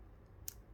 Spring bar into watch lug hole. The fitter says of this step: and you should hear a click very light click that tells you that your strap is correctly mounted to the watch